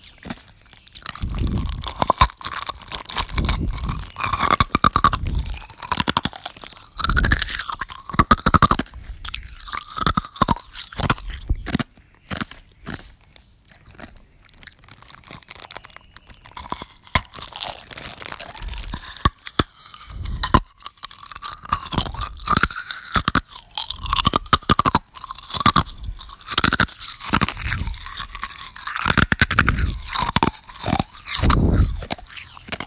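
Ice cubes being chewed, with loud, dense crunches breaking out in irregular bursts every second or so. The crunching pauses briefly around the middle, leaving softer scraping and mouth sounds, then picks up again just as heavily toward the end.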